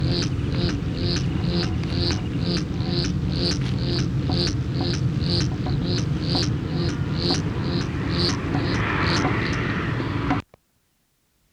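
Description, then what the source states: Black-chinned hummingbird display sounds, rhythmic short buzzy pulses about twice a second over a dense low droning hum, ending abruptly in silence. Male dive display, Encinal Canyon, 22 April 1969.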